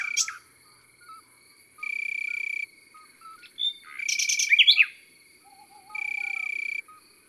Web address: Rossignol philomele Chants doiseaux dans la campagne. album chants-doiseaux-dans-la-campagne